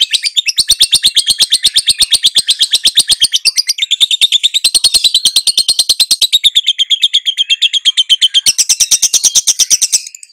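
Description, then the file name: Lovebird giving a long, unbroken burst of rapid, high, squeaky twittering notes, steady in pace and loudness, ending abruptly. "suara lovebird"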